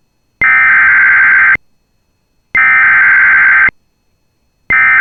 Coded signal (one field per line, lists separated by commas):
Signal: Emergency Alert System (SAME) tones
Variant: header bursts